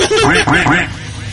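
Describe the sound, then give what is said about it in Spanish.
A person imitates a duck with three nasal, rasping quacks in quick succession, loud and bright, trailing off into a brief hiss of breath. “No, ya, pato.”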